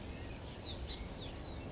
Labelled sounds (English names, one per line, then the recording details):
Song Sparrow
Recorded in Sonoma County, California